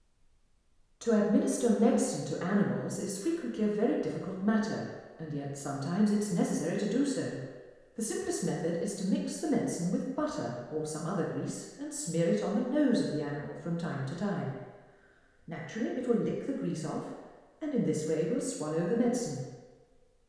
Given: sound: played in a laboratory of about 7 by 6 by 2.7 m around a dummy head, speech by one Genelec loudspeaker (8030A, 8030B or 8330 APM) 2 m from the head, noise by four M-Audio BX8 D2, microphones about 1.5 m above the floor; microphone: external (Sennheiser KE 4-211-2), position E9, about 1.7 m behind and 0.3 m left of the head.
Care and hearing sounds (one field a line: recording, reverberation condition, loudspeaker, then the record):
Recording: female speech in English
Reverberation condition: high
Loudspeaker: 150 degrees to the right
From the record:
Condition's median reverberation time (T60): about 1300 ms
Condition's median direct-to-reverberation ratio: about -4.0 dB